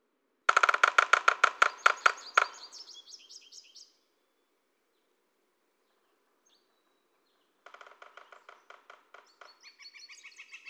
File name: Pic flamboyant